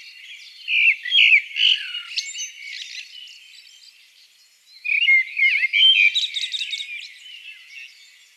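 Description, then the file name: Common blackbird song: two bursts of varied warbling, chuckling phrases separated by a quieter pause, with scratchy high notes mixed in. "Turdus merula"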